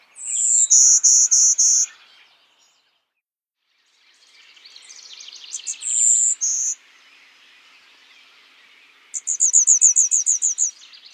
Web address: Golden-winged Warbler